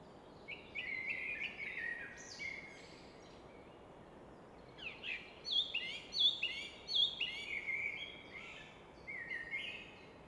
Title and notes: Fläsch, Schweiz - Abendstimmung Nachtigall. Im Hintergrund wird das Rauschen des Rheins von einer Felswand reflektiert